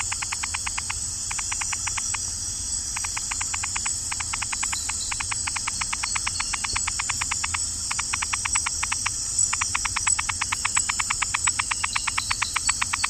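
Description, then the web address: Malkin's rain frog calling with rapid trains of sharp clicking pulses, in bursts of one to several seconds separated by short pauses, over a steady high-pitched insect drone. Recorded in the Ecuadorian Amazon, South America. "Natures Songs. Frogs of Ecuadorian Amazon Eleutherodactylus malkini"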